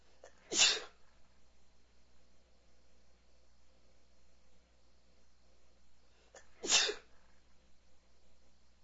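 Two sharp, hissing sneezes about six seconds apart, each preceded by a brief, quiet intake of breath. The bursts are explosive and high-pitched, with near silence between them. These are ordinary sneezes from an adult man.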